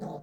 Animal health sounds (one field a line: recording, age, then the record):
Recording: pig call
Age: piglet (1 to 25 days)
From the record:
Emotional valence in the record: negative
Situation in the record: short isolation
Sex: female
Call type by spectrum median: low-frequency call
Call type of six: low-frequency stable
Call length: 0.23 s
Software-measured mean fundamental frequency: 64 Hz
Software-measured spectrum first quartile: 203 Hz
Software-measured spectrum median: 406 Hz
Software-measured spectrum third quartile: 661 Hz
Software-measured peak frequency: 186 Hz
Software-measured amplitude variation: 146 dB a second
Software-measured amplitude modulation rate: 19.6 a second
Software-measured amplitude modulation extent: 7.4 dB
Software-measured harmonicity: 1.2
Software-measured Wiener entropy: -0.17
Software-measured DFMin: 1485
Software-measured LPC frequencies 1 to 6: 719, 3773, 5209, 6001, 6907, 8053 Hz